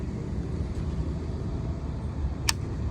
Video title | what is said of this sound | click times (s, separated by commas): a review: segway gt2 (dear segway, please bring back electronic braking setting/choice) | Hear it lock? | 2.5 s